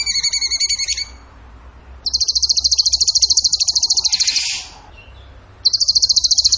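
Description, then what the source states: Bird song opening with stacked whistled tones, then a long, rapid, high pulsed trill ending in a buzzy slur, and another trill after a pause. Training song (masteran) in the tembakan gacor style.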